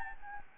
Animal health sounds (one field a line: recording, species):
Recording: mosquito wingbeat signal from an infrared sensor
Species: Anopheles gambiae